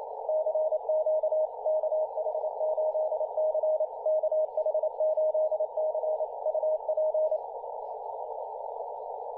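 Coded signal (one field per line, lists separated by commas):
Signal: Morse code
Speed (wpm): 29 wpm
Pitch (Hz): 620 Hz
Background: none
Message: CQ KH8C KH8C UP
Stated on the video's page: Morse code on 15m, recorded by another station.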